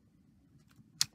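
A click wheel module is removed from an iPod's front housing against a low background rumble, with a faint tick at 0.7 s. It releases with a sharp snap at 1.0 s, followed by a softer click at 1.2 s. The click wheel assembly pops out and is released.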